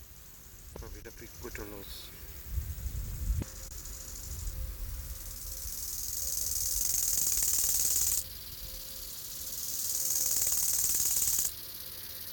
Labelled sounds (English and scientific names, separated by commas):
Bow-winged Grasshopper (Chorthippus biguttulus) stridulation